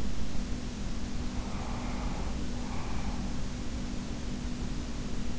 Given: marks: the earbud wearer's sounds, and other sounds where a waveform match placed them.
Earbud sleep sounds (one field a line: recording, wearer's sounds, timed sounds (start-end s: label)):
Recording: sounds in sleep by an in-ear microphone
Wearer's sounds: breath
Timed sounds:
1.27-3.33 s: breath